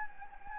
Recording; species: mosquito wingbeat signal from an infrared sensor; Anopheles gambiae